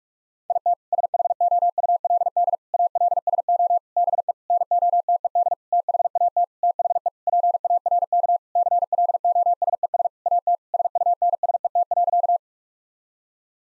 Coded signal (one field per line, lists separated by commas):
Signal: Morse code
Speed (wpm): 46 wpm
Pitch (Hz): 700 Hz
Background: none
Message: IT SHOULD ALSO BE NOTED THAT THE PARK CLOSES AT SUNSET.